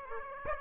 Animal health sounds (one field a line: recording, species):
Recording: mosquito wingbeat signal from an infrared sensor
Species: Aedes aegypti